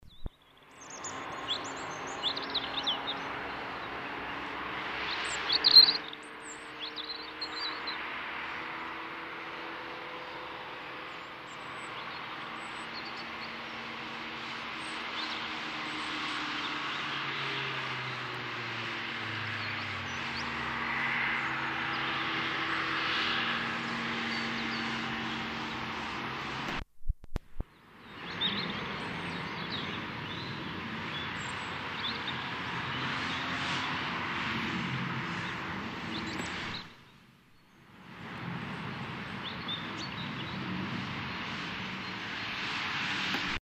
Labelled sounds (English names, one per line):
European Robin song
Great Tit